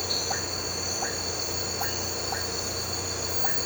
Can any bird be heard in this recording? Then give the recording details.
no. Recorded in pastures near Puerto Asís, Putumayo, Colombia, on 9 March 2025 at 03:30. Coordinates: 0.466, -76.322. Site CSA-02